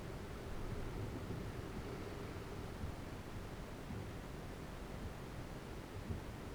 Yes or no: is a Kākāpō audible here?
no